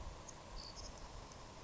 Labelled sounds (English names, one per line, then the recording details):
Savannah Sparrow
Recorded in Sonoma County, California